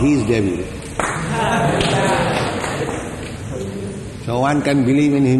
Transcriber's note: audience laughs